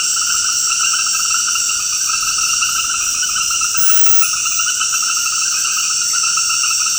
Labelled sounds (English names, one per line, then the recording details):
none
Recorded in dense forest near Puerto Asís, Putumayo, Colombia, on 19 February 2024 at 21:00
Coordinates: 0.472, -76.329
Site G6394